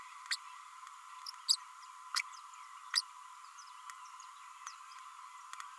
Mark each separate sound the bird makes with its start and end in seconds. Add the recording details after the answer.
0.30-0.36, 1.48-1.56, 2.16-2.19, 2.95-3.01. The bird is a male. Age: 33 days. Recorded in a nest box in Venezuela. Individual 17B32A6